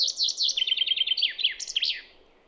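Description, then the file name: Common chaffinch song: a rattling descending series of bright notes that drops in pitch and finishes with a sharp twisting flourish. "Fringilla coelebs"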